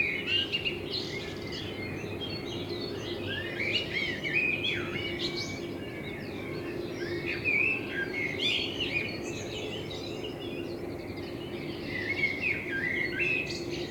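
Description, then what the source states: Common blackbird song of fluty whistles and squeaky flourishes, phrases following one after another over a steady background drone. Blackbird in front of the recordist's window; binaural sound made with a homemade dummy head, intended for headphone listening.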